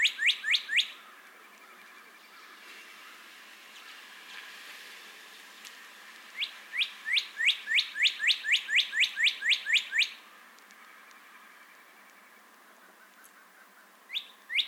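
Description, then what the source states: Northern cardinal singing in bursts: a few rapid notes, a quiet gap, then a long run of about a dozen quick notes, and two more notes at the end. Entire singing bout.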